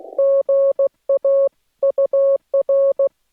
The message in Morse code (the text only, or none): GA UR